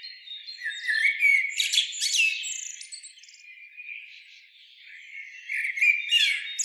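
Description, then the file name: Common blackbird song, a run of high scratchy twitters and short chirps with a quieter warbling stretch midway, then louder twittering at the end. "Turdus merula"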